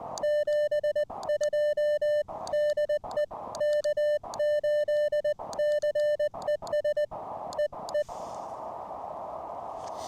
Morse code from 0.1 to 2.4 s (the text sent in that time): 72